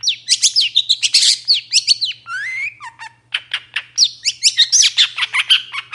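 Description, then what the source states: Long-tailed Shrike giving a varied song: buzzy chatter, one clear rising whistle, then quick slurred and scratchy notes in close succession. Long-tailed shrike in full, varied song with 'toet toet' notes, recorded in the morning; meant to make other shrikes respond and sing.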